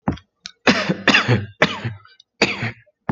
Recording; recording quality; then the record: heavy voluntary cough; excellent, no background noise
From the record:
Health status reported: healthy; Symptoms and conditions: hypertension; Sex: male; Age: 35 years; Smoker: yes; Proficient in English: yes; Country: United States